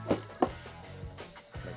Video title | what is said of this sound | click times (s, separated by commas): First Impressions of the Jazzy Zero Turn 8 - A Mobility Scooter That Can Fit Anywhere | sure that locks in place and | 0.4 s